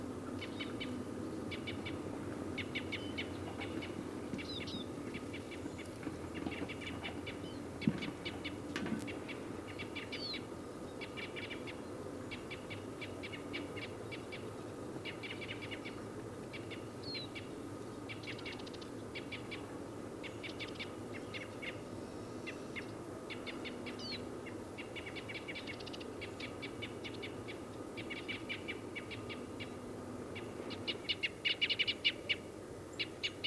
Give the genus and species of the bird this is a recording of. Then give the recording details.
Loxia curvirostra. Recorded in the wild. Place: Hanshagen, Mecklenburg-Vorpommern, DE. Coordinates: 53.444, 11.28. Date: 1975-03-22. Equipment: Nagra III BH, Sennheiser MD 21, parabola. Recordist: Schubert, Michael. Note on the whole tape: Rufe eines Paares Fichtenkreuzschnäbel